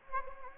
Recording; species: mosquito wingbeat signal from an infrared sensor; Anopheles gambiae